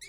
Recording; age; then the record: pig call; weaner (32 to 43 days)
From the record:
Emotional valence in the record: negative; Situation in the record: restrain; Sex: male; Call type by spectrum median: high-frequency call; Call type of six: high-frequency stable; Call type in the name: high-frequency stable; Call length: 0.08 s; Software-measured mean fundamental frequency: 366 Hz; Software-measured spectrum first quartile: 2754 Hz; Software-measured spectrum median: 4391 Hz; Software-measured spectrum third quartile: 7906 Hz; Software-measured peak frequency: 2172 Hz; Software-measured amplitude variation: 51 dB a second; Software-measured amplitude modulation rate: 12.0 a second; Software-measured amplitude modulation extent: 4.2 dB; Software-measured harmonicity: 6.3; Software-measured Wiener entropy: -2.83